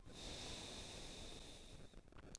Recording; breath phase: one breath near a microphone; exhalation